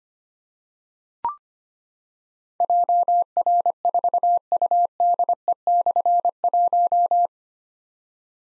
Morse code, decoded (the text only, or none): JR4UDE/1